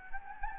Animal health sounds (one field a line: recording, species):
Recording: mosquito wingbeat signal from an infrared sensor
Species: Anopheles gambiae